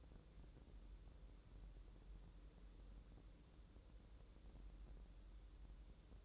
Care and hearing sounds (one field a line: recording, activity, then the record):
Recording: daily activity, microphone in the room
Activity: wipe stove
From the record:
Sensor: 3